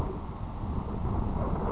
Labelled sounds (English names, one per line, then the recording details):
Grasshopper Sparrow
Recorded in Sonoma County, California